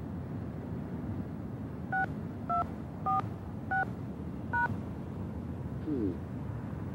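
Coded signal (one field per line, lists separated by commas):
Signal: DTMF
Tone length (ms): 140 ms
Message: 6246#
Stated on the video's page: Touch-tone buttons dialed on a pay phone to enter starting and destination addresses into a computer direction system.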